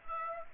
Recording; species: mosquito wingbeat signal from an infrared sensor; Aedes aegypti